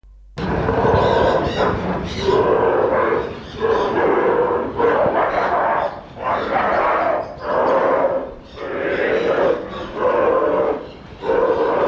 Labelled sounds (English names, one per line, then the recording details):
Polar Bear aggressive call
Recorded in captivity
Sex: diverse
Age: juvenile
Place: Zoo Berlin, Berlin, DE
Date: 1985-10-04 10:12
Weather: sunny, 17-18 °C
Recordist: Tembrock, Günter
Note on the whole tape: 5 gut halbwüchsige Jungtiere, alle gleichalt: agonistisches Verhalten bei Streit um Futter